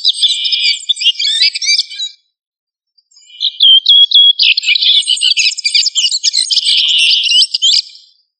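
Thrush song: dense, varied warbling phrases of quick high notes and slurred whistles, pausing briefly early on, then resuming in a long rich run.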